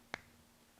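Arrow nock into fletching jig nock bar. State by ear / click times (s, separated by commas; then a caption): seated / 0.1 s. An arrow's nock is pressed onto the small bar in the middle of a three-part fletching jig and seats with a single sharp click at 0.1 s. The rest of the clip is near-silent, with a faint low hum.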